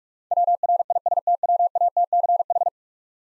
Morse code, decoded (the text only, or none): WRISTWATCH